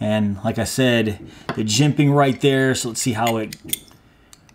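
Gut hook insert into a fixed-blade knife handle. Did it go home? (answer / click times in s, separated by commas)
no / none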